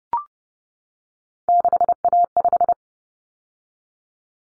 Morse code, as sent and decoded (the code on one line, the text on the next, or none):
-.... .- .....
6A5